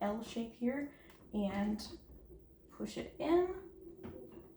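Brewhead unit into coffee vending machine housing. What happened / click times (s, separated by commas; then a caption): The unit did not seat; no click is heard / none. Someone talks while a brewhead unit is lined up inside the metal L-shaped guide of a coffee vending machine housing and pushed, but it does not go in. Nothing has seated or clicked yet.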